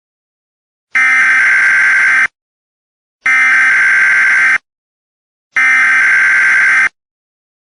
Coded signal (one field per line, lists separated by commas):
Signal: Emergency Alert System (SAME) tones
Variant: header bursts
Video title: EAS SCENARIO 1: THE PURPLE PEOPLE